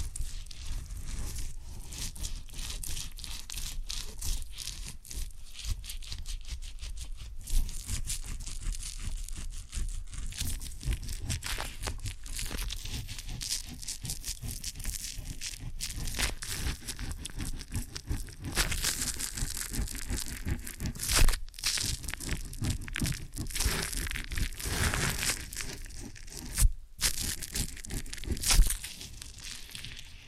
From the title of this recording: ASMR Ear & Scalp Massage and Cleaning